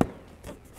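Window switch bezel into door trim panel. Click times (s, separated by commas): 0.0 s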